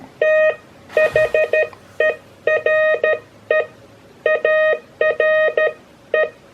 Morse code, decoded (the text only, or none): THERE ARE